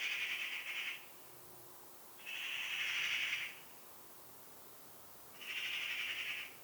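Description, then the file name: Eurasian magpie giving harsh, rasping screeches, each about a second long, three times with pauses of over a second between them; no other clear sounds. "Pica pica"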